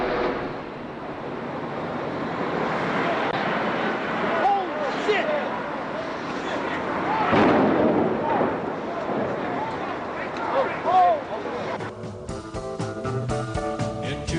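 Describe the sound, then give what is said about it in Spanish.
A broadcast recording of an airplane crashing into one of the Twin Towers: a sustained, rushing roar of noise with voices crying out through it, swelling midway, then giving way to a steady tonal hum at the end. “Era el sonido de uno de los impactos de los aviones contra las Torres Gemelas.”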